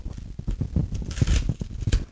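A crinkly packet of Naturata rice-quinoa snacks is torn open, with a run of crackling, rustling plastic sounds and a brief bright tearing burst in the middle, fairly loud and without talking.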